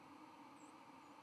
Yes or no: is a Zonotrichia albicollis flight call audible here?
yes